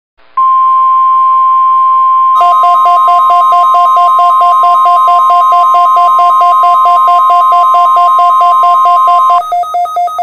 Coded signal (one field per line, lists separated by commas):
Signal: Emergency Alert System (SAME) tones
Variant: 1050 Hz attention tone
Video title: NOAA weather radio KZZ-81 weekly test 8/14/2024